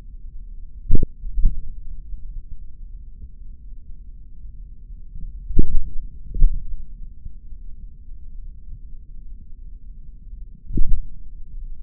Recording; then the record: forearm muscle sounds (acoustic myography)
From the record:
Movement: tripod grip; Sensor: system 3, bracelet of six PUI Audio POM-2738L microphones around the upper forearm, with dedicated amplification and filtering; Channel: 6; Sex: male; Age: 26 years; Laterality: right